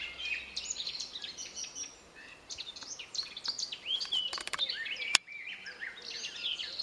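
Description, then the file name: Eurasian blackcap warbling song, quick scratchy and whistled notes in tumbling phrases, broken by a few sharp clicks and a brief pause. "Sylvia atricapilla"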